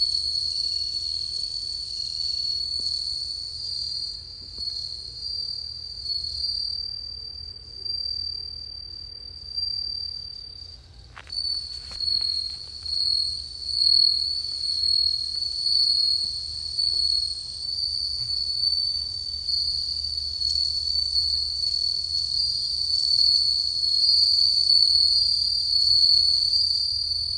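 Bell crickets trill continuously in a steady high ringing chirr, with a brief pause near eleven seconds, over a low rumbling background hum.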